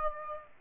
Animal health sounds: mosquito wingbeat signal from an infrared sensor; Aedes aegypti

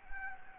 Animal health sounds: mosquito wingbeat signal from an infrared sensor; Anopheles gambiae

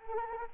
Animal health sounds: mosquito wingbeat signal from an infrared sensor; Anopheles arabiensis

